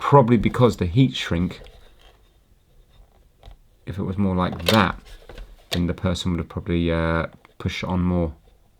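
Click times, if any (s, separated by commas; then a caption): none. Someone talks while handling a loose spade/push-on electrical connector that goes onto the pump terminal of a steam appliance; it was not clipped on when made, probably because of its heat shrink. Between the talk, a few faint small ticks and handling noises occur around 2.0 to 3.5 seconds. Nothing has seated or clicked yet.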